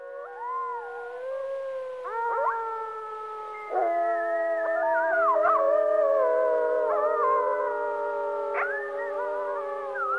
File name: grey wolf pack calling algonquin provincial park canada tom cosburn